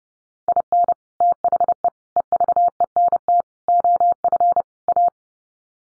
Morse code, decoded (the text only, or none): IN THE EVENT OF A